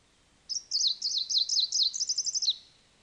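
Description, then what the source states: Greenish warbler (viridanus): greenish warbler song: a brisk two-second string of thin, high, zigzagging notes that quickens toward the end and closes with a downward slur. Subspecies viridanus; songs.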